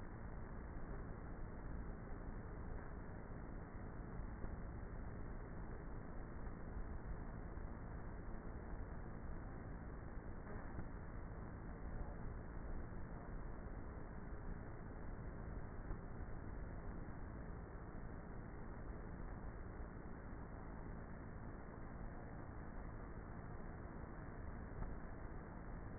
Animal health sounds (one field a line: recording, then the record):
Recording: honeybee colony, microphone inside the hive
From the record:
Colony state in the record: queenless with a low population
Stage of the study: before two queens were removed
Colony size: about 30,000 bees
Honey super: no